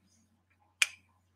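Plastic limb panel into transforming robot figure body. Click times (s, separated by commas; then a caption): 0.8 s. A hinged plastic limb panel of a transforming robot action figure is brought down and pushed into the figure's body. A single sharp, bright snap sounds at 0.8 s against a quiet background with a faint low hum. The part snaps into its locked position.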